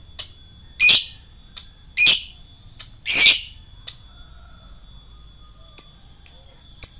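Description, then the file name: Lovebird calls: harsh high shrieks repeated roughly once a second, interspersed with short clicks and a few thin, high chirps toward the end. Lovebird chatter in the style known as ngekek. "suara lovebird ngekek"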